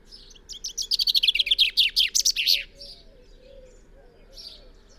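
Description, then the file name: Common chaffinch song: a rapid, high, descending trill of repeated notes ending in a brief flourish, followed by a couple of faint high notes over a steady low hum. "Fringilla coelebs"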